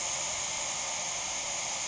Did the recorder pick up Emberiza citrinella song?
no